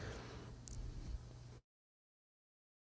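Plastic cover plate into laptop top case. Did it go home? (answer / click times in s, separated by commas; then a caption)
no / none. The plastic cover plate over a Toshiba laptop's keyboard and hinges is handled against the laptop top case during reassembly after a power jack fix. Low rustling handling noise is heard with a brief sharp tick near 0.7 s, then silence from about 1.6 s. Nothing has seated or clicked into place yet.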